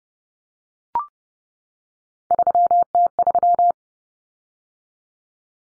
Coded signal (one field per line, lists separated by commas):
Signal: Morse code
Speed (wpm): 30 wpm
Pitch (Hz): 700 Hz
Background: none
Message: 3T3